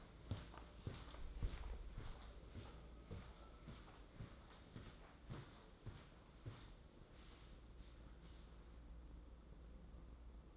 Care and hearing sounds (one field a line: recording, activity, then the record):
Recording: daily activity, microphone in the room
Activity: walk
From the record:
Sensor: 3